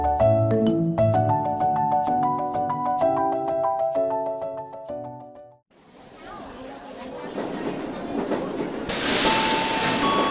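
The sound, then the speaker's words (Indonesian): A short melodic tune of bright chime-like notes plays, then gives way to a loud, steady rushing rumble of a moving train travelling from Yogyakarta to Jakarta, with a faint high tone surfacing near the end. “Setelah 2 hari Niko dan ayahnya berlibur di Yogyakarta, saatnya mereka kembali pulang ke Jakarta dengan naik kereta api.”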